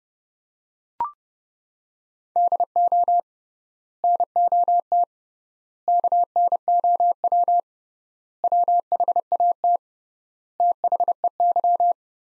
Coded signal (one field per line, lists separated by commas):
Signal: Morse code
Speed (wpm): 30 wpm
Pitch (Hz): 700 Hz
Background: none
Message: DO NOT KNOW WHAT THEY